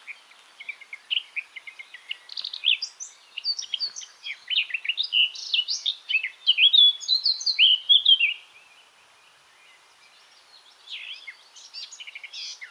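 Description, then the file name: Eurasian blackcap song: a long, jumbled warble of quick varied notes that stops abruptly, followed by a brief quiet spell and then a softer burst. "Sylvia atricapilla"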